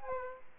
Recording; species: mosquito wingbeat signal from an infrared sensor; Aedes aegypti